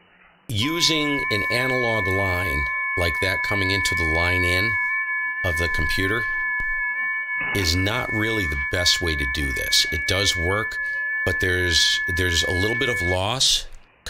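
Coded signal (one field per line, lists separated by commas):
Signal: FT8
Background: speech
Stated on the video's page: FT8 run on an Apache Labs Anan radio.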